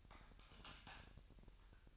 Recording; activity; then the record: daily activity, microphone in the room; typing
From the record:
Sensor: 2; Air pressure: 1001.9 hPa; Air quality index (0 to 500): 248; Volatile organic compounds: 39 ppm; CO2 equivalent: 3129 ppm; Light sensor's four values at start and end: 11/36/13/14 and 11/36/13/14